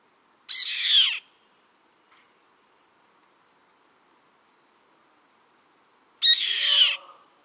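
Bird calling with two harsh, raspy screeches, each under a second long and about six seconds apart, with quiet in between.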